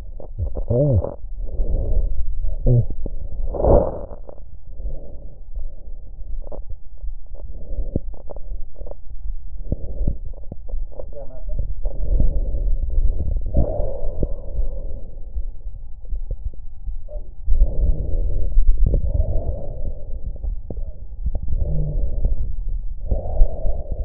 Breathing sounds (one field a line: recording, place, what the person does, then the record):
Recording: lung sounds by stethoscope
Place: left anterior apical chest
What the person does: quiet breathing, then deep breathing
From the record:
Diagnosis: COPD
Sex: female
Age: 80 years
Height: 160 cm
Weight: 62 kg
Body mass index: 24.2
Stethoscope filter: extended mode